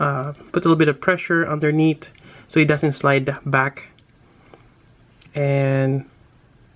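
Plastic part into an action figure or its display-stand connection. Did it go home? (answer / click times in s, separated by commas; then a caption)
no / none. Someone talks while a plastic part is pressed toward its connection on a Robot Spirits Justice Gundam action figure or its display stand, with pressure held underneath so it doesn't slide back. Only faint handling ticks come through in a quiet pause. Nothing has seated or clicked yet.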